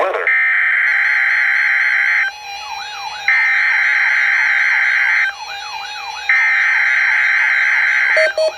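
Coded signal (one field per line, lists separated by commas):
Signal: Emergency Alert System (SAME) tones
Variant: header bursts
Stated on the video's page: Required Weekly Test from weather radio KEC60 Milwaukee, Wisconsin.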